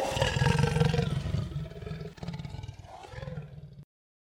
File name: Leopard Growls